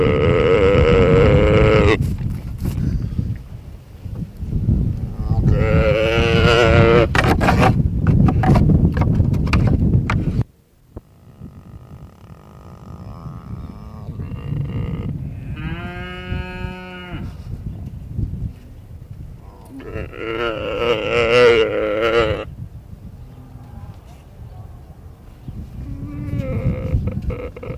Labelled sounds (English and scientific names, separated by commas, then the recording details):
Mule Deer (Odocoileus hemionus) call
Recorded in captivity
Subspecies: hemionus
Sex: male
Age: adult
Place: Tierpark Berlin, Berlin, DE
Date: 1964-11-15 14:00
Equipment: Magnetophon 300, Transistorverstärker, Sennheiser MD 421, Kopie Smaragd
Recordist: Tembrock, Günter